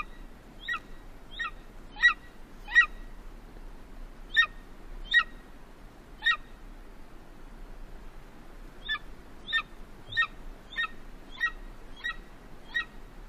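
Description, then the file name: Golden eagle giving short, sharp yelping notes in quick series, a burst of four, then scattered notes, then a steady run of about seven after a pause, over faint low background hiss. "Canto-da-Águia-Dourada"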